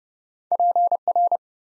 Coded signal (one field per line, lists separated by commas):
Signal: Morse code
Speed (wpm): 30 wpm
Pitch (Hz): 700 Hz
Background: none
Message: PR